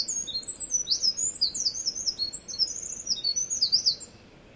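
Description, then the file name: Eurasian wren song, a hurried cascade of shrill warbling notes and trills lasting about four seconds before stopping abruptly. "misosazai"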